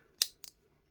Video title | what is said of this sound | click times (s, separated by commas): 🌟SAN MARTIN🦈 SN009 G - GS Diver Homage - Full Review - The Watcher | very satisfying click and i've not had no issues with this | 0.2 s